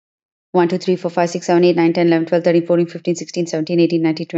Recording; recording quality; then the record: counting at a fast pace; excellent, no background noise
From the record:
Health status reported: healthy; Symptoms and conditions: none ticked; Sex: female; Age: 32 years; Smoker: not ticked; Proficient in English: yes